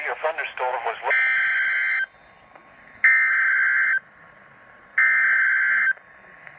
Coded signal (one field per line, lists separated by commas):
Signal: Emergency Alert System (SAME) tones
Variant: header bursts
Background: speech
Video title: NWR TORNADO WARNING EAS #461 #EASSAME #fireengine #firealarm #firebrigade #firefighter